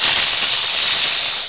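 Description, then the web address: Snake hiss: one steady, breathy hiss lasting about a second and a half, fading away at the end. "MOBICLIC. serpent"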